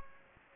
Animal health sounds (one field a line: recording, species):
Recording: mosquito wingbeat signal from an infrared sensor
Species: Aedes aegypti